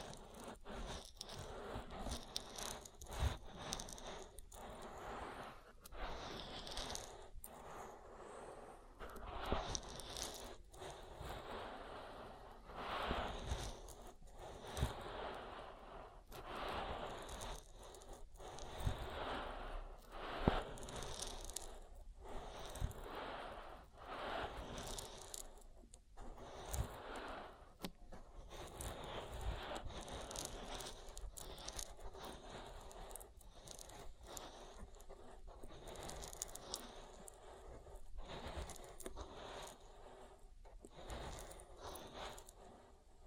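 An oil ear massage: continuous slick rubbing and squelching that fills the whole clip without pause. The strokes come irregularly, with frequent sharp crackles and brief dips, and the sound is dense and bright, with little change in level throughout.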